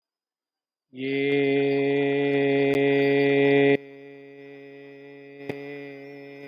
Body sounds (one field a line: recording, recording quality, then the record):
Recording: sustained vowel as in made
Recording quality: excellent, no background noise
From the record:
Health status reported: healthy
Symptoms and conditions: none ticked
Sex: male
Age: 35 years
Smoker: not ticked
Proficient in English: yes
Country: India